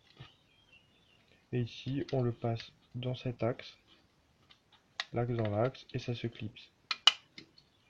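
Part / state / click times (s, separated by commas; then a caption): internal plastic part (likely scroll wheel assembly) onto its axle in a mouse housing / seated / 6.9 s, 7.1 s. During reassembly of a Razer DeathAdder computer mouse, an internal plastic part is slid onto its axle in the mouse housing and pressed until it clips into place. Someone talks throughout, and sharp clicks at 6.9 s and 7.1 s mark the part seating on its axle.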